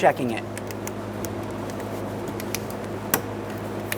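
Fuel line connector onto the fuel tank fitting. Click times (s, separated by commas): 3.1 s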